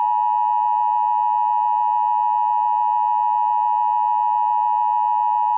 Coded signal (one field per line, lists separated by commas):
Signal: Emergency Alert System (SAME) tones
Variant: 853 and 960 Hz attention tone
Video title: EAS Scenario - The Strangest End